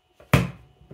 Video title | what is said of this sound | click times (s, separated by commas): Listerine in an Act bottle! | there it goes it's clicked in and we're good to go now dispense your mouthwash and enjoy | 0.3 s